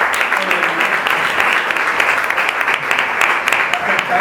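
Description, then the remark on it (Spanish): Steady audience applause for Rafael Utrera, a retired university professor, fills the whole stretch, a dense wash of many hands clapping at an even loudness with sharp bright crackles, no pauses and no voices standing out. “Le podéis dar ya el aplauso porque tiene mucha gran habilidad.”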